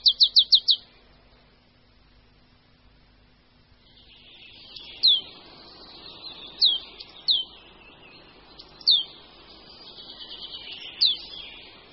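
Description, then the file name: Marsh tit: a short rapid series of high notes, then single thin downslurred notes spaced a second or two apart over a faint hiss. "Sýkora-babka"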